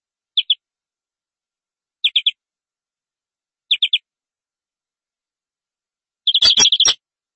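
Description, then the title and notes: Canary: brief groups of two or three high chirps spaced about one and a half seconds apart, then a denser burst of chirps mixed with clicky knocks. "BM Suara Kenari. BM Suara Burung Kenari"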